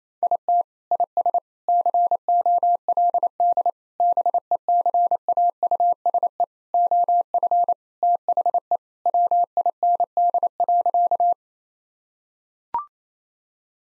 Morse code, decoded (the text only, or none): IT IS COLD BECAUSE OF THE WIND.